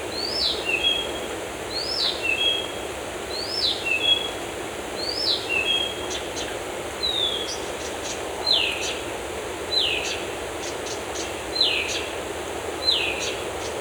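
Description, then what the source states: Birds singing: a high whistled phrase that rises then drops, repeated several times, then several sharp notes that dip then rise, over a steady hiss. Birds in a forest.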